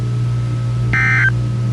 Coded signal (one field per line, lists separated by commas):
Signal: Emergency Alert System (SAME) tones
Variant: end-of-message bursts